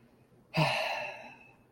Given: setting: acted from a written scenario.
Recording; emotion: vocal sound without words; ecstasy